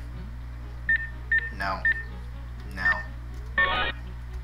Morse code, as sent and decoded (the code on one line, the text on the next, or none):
none